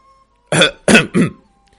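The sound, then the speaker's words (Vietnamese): A light throat clearing in three quick bursts, the first two strong and the last a little softer, with no talking around it. “Chủ thiên sứ ho nhẹ một tiếng.”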